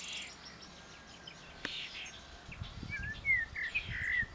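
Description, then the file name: Common blackbird giving several short fluty notes in the second half. "Turdus merula"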